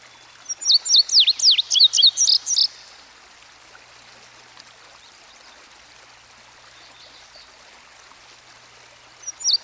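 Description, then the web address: Indigo bunting singing one bright phrase of paired high notes for about two seconds, then a long quiet stretch of soft hiss before a new phrase begins at the end. Indigo bunting recorded by a stream. "Dan Gibson Songbirds By The Stream. Indigo Bunting"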